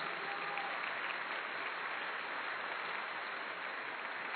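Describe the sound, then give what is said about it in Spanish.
A church audience claps steadily and loudly for the Lord for several seconds, a dense, even wash of many hands with no pauses and no one speaking over it. “Dele ese aplauso fuerte al Señor.”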